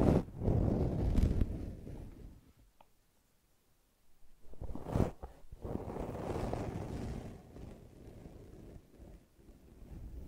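Brushing and scratching in low, rough bursts, heavy for the first two seconds, nearly silent until four, then resuming with a sharp scrape near five.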